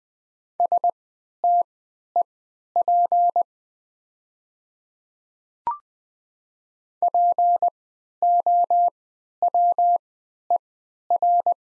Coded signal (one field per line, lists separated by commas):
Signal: Morse code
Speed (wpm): 20 wpm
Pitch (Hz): 700 Hz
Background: none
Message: STEP POWER